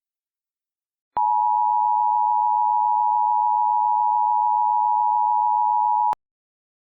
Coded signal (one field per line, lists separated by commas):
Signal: Emergency Alert System (SAME) tones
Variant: 853 and 960 Hz attention tone